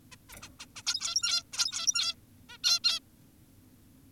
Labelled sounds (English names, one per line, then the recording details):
Zebra Finch
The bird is an adult
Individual g17y2U